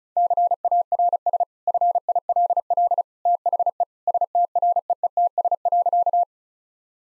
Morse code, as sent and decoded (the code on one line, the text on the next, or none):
-.-. .- .-. ... / ..-. .. .-.. .-.. / - .... . / ... - .-. . . - ... .-.-.-
CARS FILL THE STREETS.